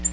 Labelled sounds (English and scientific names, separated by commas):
Nashville Warbler (Leiothlypis ruficapilla) flight call